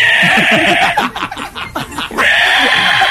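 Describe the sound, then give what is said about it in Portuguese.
A pig whose tail is being pulled gives a shrill, sustained squeal that fills the whole stretch, breaking midway into a run of choppy, wavering grunting squeals before rising again into one long piercing cry. “O porco não gosta que eu puxo o rabinho.”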